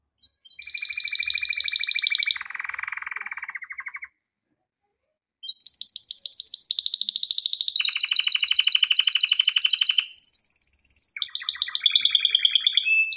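Canary in song: a buzzy trill and a lower rattle, a short silence, then a long run of rapid rolling trills and clear high whistles.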